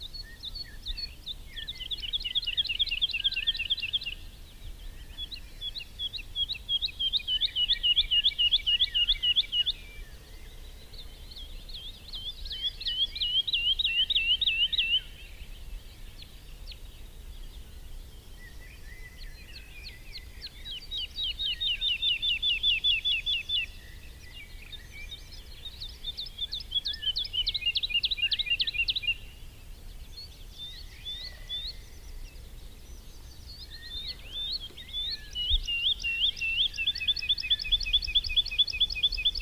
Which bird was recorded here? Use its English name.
Wood Lark